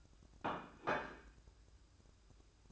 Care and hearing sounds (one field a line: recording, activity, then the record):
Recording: daily activity, microphone in the room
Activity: place plate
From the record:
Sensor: 2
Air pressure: 1007.4 hPa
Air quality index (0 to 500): 41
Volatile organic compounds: 1 ppm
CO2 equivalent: 544 ppm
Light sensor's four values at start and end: 7/17/7/7 and 7/17/7/7